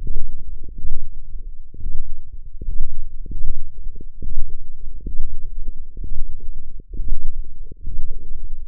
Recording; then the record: forearm muscle sounds (acoustic myography)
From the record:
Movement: radial deviation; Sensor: system 1, eight BSWA MPA416 microphones around the upper forearm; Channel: 6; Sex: male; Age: 23 years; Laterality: right